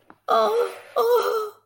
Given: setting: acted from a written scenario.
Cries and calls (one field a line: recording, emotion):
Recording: vocal sound without words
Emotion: sadness